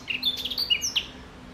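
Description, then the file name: Eurasian blackcap giving a short, rapid burst of bright whistled and chirping notes that ends abruptly. "Sylvia atricapilla"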